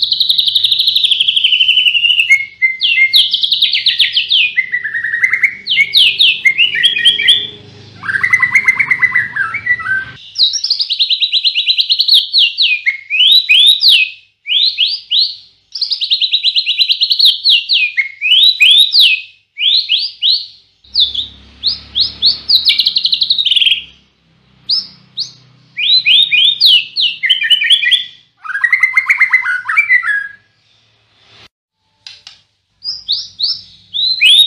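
A white-rumped shama sings in an almost unbroken stream of bright, fast whistled phrases, sliding and chattering, with a few lower, fuller notes around 8 and 29 seconds. Short pauses break the song, and a faint low hum and thump sit underneath.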